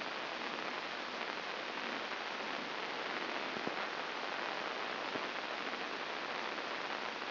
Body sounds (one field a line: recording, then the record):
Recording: brain microelectrode recording played as sound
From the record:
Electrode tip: inside the subthalamic nucleus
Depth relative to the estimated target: 1 mm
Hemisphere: left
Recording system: AlphaMap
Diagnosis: Parkinson's disease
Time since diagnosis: 14 years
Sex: female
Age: 63 years